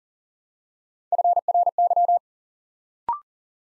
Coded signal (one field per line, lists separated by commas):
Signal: Morse code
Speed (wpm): 41 wpm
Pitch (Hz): 700 Hz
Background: none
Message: FRY